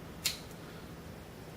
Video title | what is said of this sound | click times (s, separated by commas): Robotics Lesson 3 Part 2 | the course you will hear a click sound whenever it locks say that goes over here | 0.3 s